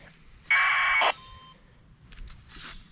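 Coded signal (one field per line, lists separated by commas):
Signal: packet radio (AX.25, as in APRS)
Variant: 1200 baud AFSK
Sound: one short harsh buzzing data burst, about half a second, then faint fading tone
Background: quiet radio hiss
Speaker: we're still decoding packets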